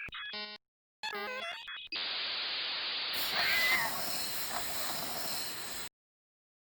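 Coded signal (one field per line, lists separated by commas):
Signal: dial-up modem handshake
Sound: short harmonic tones and a gap, then a long burst of broadband modem hiss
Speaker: thankfully i am old enough and was a nerdy enough kid to have the sound of dial-up modems ingrained in my mind so it only took a little trial and error to recall the correct sequence and timing your lights have been updated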